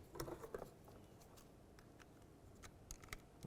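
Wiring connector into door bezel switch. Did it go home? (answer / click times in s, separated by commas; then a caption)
yes / 2.9 s. A plastic electrical connector is pushed onto the door bezel switch wiring of a 2000-2005 Buick LeSabre front door during a lock actuator replacement. Soft handling rustles and small taps at 0.2-0.6 s lead to a sharp click at 2.9 s. The connector seats and holds when it is tugged.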